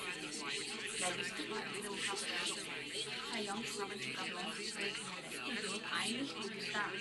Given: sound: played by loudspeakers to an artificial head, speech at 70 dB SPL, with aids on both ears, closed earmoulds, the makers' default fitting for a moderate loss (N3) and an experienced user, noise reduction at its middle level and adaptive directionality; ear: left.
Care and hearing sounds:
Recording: speech test signal (ISTS) in cocktail-party noise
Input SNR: -3 dB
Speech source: on the right (90 degrees)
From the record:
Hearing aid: class 1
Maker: E

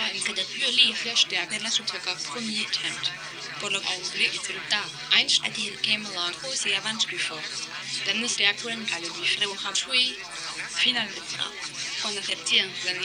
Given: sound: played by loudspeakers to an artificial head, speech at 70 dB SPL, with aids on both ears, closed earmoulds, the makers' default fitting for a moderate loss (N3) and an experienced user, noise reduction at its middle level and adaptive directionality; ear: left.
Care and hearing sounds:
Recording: speech test signal (ISTS) in cocktail-party noise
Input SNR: 0 dB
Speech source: in front (0 degrees)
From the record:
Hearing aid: class 2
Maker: A

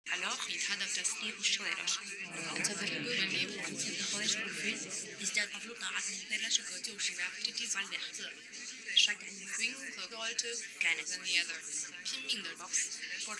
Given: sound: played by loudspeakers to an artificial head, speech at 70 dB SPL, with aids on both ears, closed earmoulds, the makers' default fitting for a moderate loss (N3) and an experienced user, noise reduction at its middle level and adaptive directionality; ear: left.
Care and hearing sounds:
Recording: speech test signal (ISTS) in cocktail-party noise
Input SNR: -3 dB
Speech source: in front (0 degrees)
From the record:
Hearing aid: class 1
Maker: J

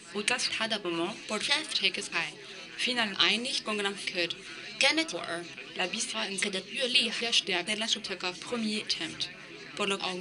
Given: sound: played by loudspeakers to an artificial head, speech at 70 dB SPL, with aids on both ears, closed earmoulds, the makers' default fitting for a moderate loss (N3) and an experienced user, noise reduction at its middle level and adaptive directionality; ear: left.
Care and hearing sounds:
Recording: speech test signal (ISTS) in cocktail-party noise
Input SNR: +9 dB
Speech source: in front (0 degrees)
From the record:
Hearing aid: class 2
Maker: B

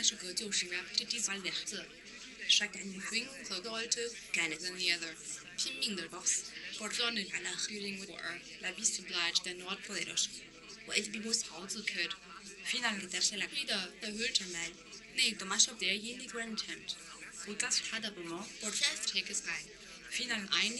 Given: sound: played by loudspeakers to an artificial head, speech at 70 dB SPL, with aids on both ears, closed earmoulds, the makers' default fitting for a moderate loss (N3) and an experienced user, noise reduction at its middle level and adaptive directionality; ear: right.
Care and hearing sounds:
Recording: speech test signal (ISTS) in cocktail-party noise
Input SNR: +6 dB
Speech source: in front (0 degrees)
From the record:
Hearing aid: class 1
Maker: H

